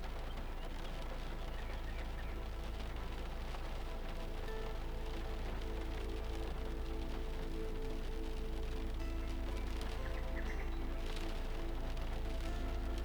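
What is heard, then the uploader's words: Steady rain patters densely throughout a storm, over a constant low rumble, with faint murmuring voices and a brief brighter rattle near eleven seconds. Shelter from a storm.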